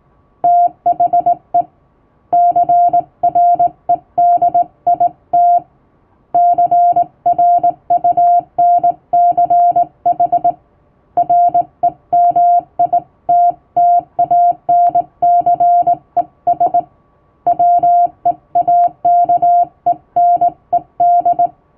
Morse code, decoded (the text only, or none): THE CREDIT CRUNCH REMITTANCES WEAKENED